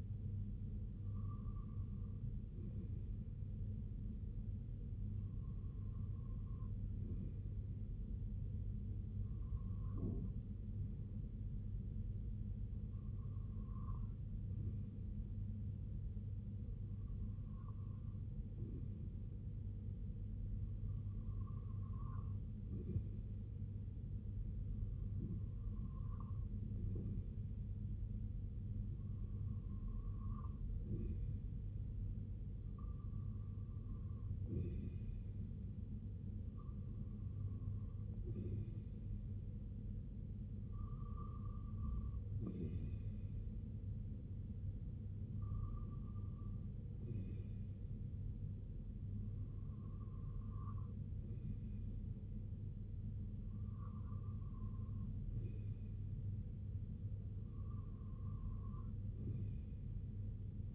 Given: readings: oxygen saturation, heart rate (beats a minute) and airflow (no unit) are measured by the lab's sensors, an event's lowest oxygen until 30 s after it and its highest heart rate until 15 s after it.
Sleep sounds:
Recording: breathing in sleep by a smartphone at the bedside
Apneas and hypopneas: 1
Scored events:
3.00-34.30 s: hypopnea (REM, oxygen 98% highest, then 95% lowest, heart rate 67 at the start, 70 highest)
From the record:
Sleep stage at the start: REM sleep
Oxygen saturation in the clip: 95 to 98%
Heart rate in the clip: 62 to 70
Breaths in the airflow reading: 15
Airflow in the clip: -6.2 to 3.7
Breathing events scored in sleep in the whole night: 258 in 7.4 hours asleep

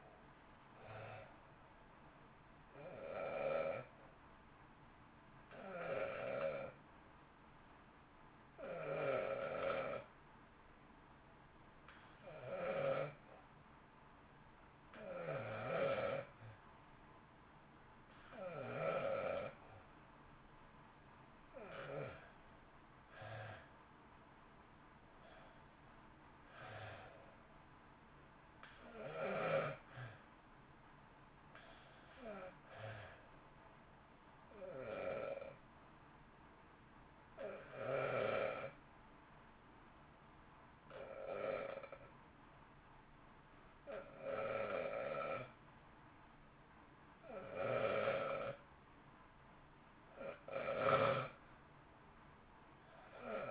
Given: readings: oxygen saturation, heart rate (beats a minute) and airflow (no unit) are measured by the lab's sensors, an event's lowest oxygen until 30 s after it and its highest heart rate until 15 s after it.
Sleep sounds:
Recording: breathing in sleep by a voice recorder at the bedside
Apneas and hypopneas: 2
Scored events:
14.00-26.00 s: hypopnea (REM, oxygen 92% highest, then 89% lowest, heart rate 53 at the start, 59 highest)
36.00-49.10 s: hypopnea (REM, oxygen 91% highest, then 85% lowest)
From the record:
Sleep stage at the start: REM sleep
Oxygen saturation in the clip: 89 to 93%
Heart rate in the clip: 53 to 59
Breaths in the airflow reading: 14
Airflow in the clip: -1.3 to 1.1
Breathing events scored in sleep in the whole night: 328 in 6.3 hours asleep

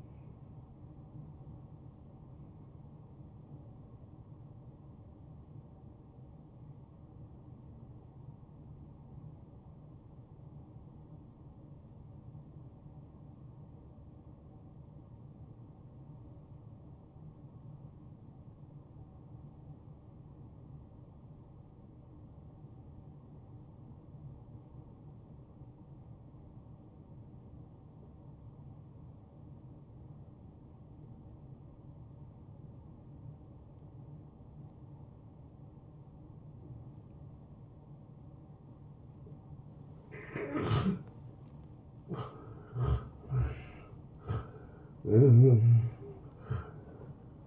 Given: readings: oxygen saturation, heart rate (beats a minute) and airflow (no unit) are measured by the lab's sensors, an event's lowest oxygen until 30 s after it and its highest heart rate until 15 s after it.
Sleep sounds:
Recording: breathing in sleep by a smartphone at the bedside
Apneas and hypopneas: 1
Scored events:
5.00-35.00 s: new sleep stage, N2 (light sleep)
9.00-39.80 s: obstructive apnea (N2, oxygen 95% highest, then 88% lowest, heart rate 62 at the start, 79 highest)
35.00-47.47 s: new sleep stage, N1 (lightest sleep)
From the record:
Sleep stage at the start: N1 (lightest sleep)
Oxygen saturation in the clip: 81 to 95%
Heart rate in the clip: 57 to 79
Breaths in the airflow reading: 4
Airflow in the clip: -14.5 to 9.4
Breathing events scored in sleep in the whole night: 263 in 5.5 hours asleep

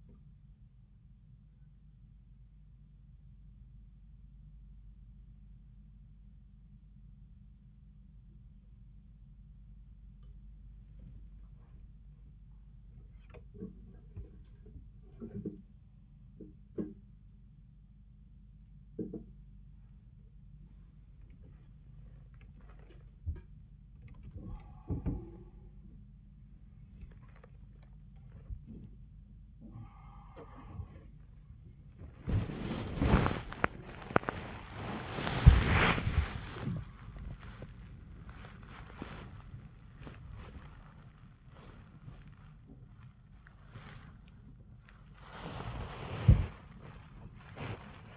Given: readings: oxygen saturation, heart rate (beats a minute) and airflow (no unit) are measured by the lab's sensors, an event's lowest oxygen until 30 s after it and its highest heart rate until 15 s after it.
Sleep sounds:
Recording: a person awake in a sleep study, by a smartphone at the bedside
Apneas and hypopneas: none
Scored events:
0.00-48.17 s: awake
From the record:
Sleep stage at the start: awake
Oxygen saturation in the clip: 92 to 96%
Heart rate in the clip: 52 to 115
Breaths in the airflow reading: 9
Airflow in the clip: -9.8 to 10.3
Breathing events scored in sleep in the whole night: 400 in 8.7 hours asleep

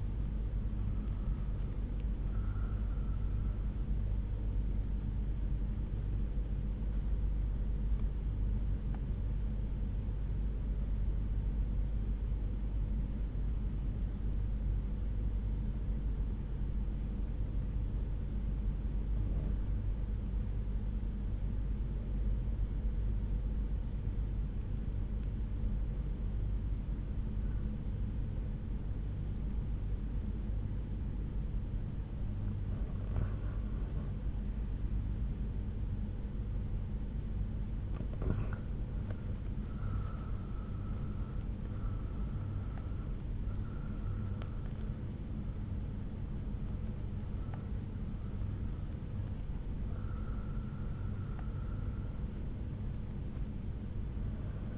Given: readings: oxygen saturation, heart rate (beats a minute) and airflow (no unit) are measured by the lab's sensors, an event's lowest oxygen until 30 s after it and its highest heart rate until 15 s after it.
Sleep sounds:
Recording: breathing in sleep by a smartphone at the bedside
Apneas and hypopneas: 1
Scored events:
5.00-38.40 s: hypopnea (REM, oxygen 97% highest, then 88% lowest)
From the record:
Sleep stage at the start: REM sleep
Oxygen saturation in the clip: 85 to 97%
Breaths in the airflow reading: 11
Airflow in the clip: -6.9 to 7.3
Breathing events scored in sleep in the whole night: 368 in 8.0 hours asleep

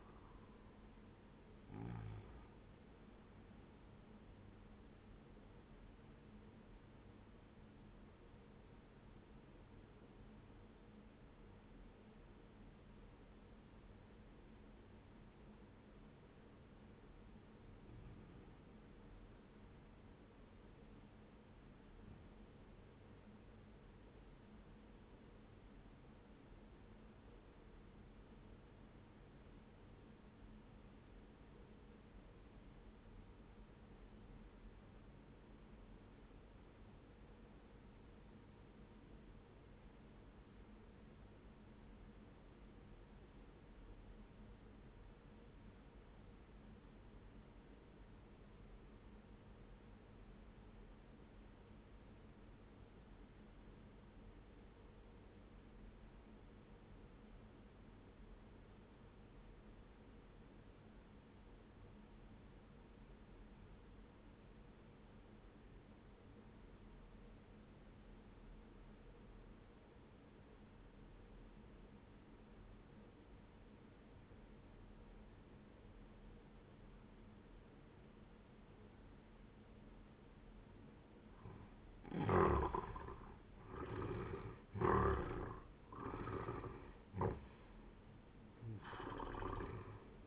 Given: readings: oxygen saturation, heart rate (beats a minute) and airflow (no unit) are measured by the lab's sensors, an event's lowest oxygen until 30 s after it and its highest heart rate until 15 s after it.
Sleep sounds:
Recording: breathing in sleep by a voice recorder at the bedside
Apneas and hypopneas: 1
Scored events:
9.00-82.00 s: obstructive apnea (REM, oxygen 97% highest, then 76% lowest, heart rate 74 at the start, 94 highest)
From the record:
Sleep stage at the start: REM sleep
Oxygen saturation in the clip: 75 to 97%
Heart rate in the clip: 63 to 96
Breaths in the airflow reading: 4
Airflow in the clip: -12.2 to 18.1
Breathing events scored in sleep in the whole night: 131 in 7.2 hours asleep

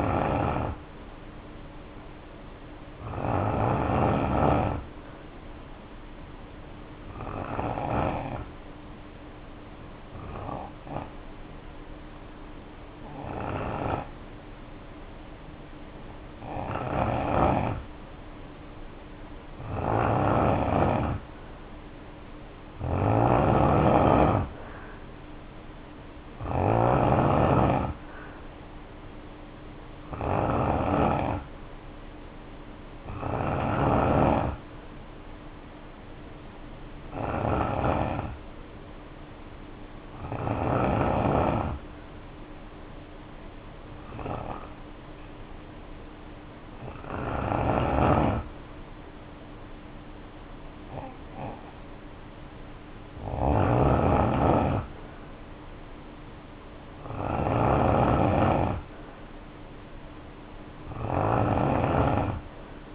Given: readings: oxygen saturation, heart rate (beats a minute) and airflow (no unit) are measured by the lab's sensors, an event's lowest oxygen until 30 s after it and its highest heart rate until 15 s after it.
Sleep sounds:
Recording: breathing in sleep by a voice recorder at the bedside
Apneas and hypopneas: 2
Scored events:
12.00-26.30 s: hypopnea (N2, oxygen 92% highest, then 87% lowest, heart rate 60 at the start, 64 highest)
39.00-52.40 s: hypopnea (N2, oxygen 93% highest, then 90% lowest, heart rate 58 at the start, 64 highest)
From the record:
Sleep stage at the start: N2 (light sleep)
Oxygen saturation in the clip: 87 to 93%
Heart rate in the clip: 58 to 64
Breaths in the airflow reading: 18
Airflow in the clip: -2.1 to 2.9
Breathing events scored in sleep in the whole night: 520 in 7.2 hours asleep

